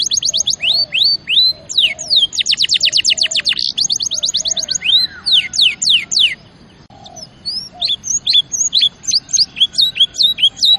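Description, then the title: Canary song mixing rising whistled notes with a fast rattling trill, then a pause and more spaced high upward-swept notes. Champion canary song used as a master recording for training other birds. "Masteran Kenari Juara"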